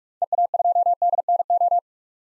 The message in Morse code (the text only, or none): EA2DNO